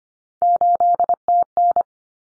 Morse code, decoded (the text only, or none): 8TN